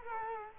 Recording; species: mosquito wingbeat signal from an infrared sensor; Culex quinquefasciatus